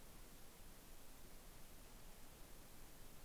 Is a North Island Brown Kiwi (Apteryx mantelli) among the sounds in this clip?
no